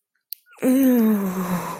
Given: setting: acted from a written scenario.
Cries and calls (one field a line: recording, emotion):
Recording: vocal sound without words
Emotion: pain